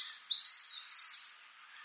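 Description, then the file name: Eurasian wren song fragment, a very high, fast continuous trill lasting just over a second. "Troglodytes troglodytes"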